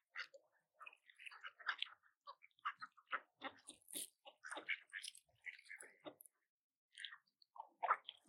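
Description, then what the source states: Ducks feeding, crunching and pecking in short irregular bursts, soft wet bites and clicks scattered throughout. Ducks fed peas at the lake in Saltwell Park in January.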